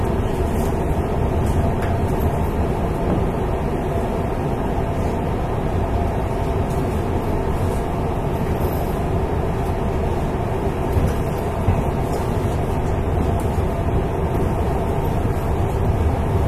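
A Nishitetsu 8000 series express train runs with a steady, dense low rumble and rattle that holds constant for the whole stretch.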